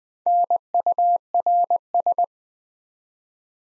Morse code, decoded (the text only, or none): NURS